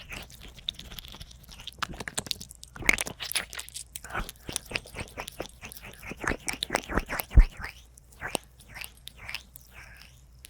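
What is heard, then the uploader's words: Fast, chaotic ear eating and licking: wet smacks, clicks and slurps crowd together with barely a gap for the whole stretch. The sounds are bright and crackly, with a sharp louder pop near seven seconds and faint breathy noises underneath. ASMR Ear Eating Licking Fastest Chaotic.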